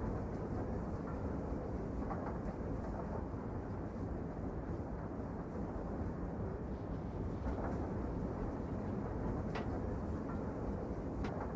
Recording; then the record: background sound without coughing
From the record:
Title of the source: Train Ride Ambience ambient white noise for sleeping, focus, studying, reading